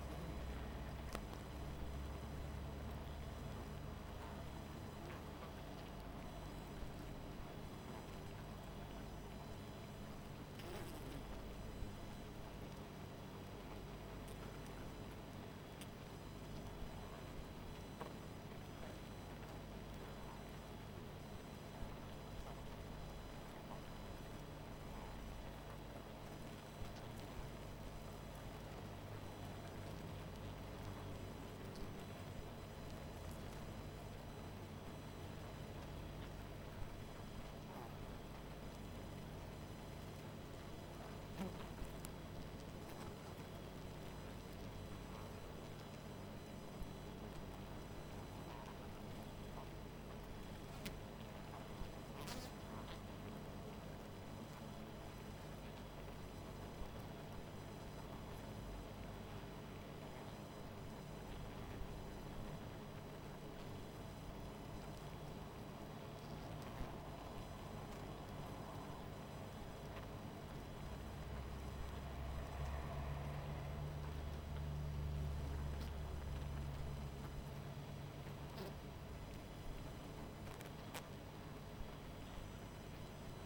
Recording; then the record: honeybee colony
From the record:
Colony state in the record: missing queen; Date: 14 July 2017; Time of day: 20:02